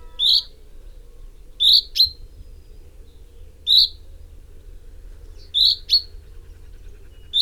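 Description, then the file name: Common chaffinch giving short, sharp metallic call notes, singly or in quick pairs, at irregular intervals of one to two seconds over a low steady hum. "Fringilla coelebs"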